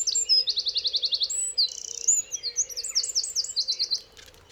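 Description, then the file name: Eurasian wren song: a fast, loud, high-pitched run of twittering notes and rapid buzzy trills that continues for about four seconds over a steady low hum. "Troglodytes troglodytes"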